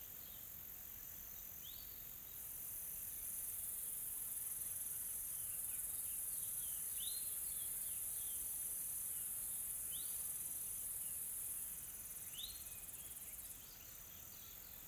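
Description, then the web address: Insects in a steady, high hissing chorus that swells slightly midway, with a few short upward bird chirps spaced several seconds apart. Calm, soft insect ambience from a tropical forest in South Africa. "Smart Sound FX - Nature South Africa AMBIENCE Additional Tropical Forest Soft Insects Calm"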